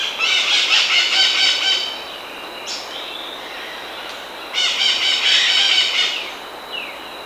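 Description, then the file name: Bird calls in two loud harsh, buzzy rattling bursts, each lasting about one and a half seconds, with a thin steady high tone between them. "SABIOD 50 bird 2015"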